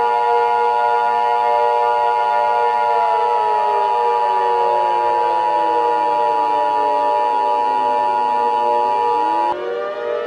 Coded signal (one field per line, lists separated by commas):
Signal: Emergency Alert System (SAME) tones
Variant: 853 and 960 Hz attention tone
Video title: Hanazuki: Full Of Treasures Full EAS Scenario